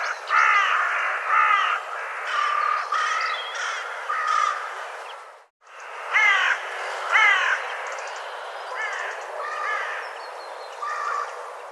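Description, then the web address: Bird giving repeated rasping calls with bent harmonic notes, broken by a short gap near the middle. "cianscape birddata"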